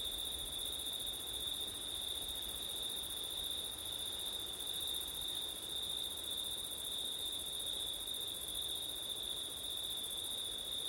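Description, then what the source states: Steady chorus of crickets trilling without pause on one high pitch, a faint upper shimmer above, over a soft hiss. Crickets on a September night with wind; ortif recording.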